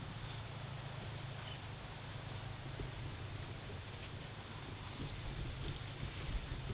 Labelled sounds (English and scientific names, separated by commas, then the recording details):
none
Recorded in pastures near Puerto Asís, Putumayo, Colombia, on 8 March 2025 at 12:30
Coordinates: 0.487, -76.322
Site G077